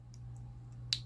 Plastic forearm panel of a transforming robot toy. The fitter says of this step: close it click into place rotate the arm up backwards at the elbow